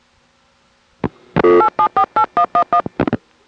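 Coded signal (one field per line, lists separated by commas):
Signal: DTMF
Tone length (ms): 90 ms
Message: 8748111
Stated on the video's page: Telephone line recording from 1974.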